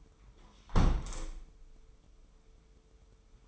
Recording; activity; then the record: daily activity, microphone in the room; close window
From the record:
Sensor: 1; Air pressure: 995.8 hPa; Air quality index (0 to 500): 51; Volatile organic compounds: 1 ppm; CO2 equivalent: 962 ppm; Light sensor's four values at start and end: 30/103/40/41 and 30/103/40/41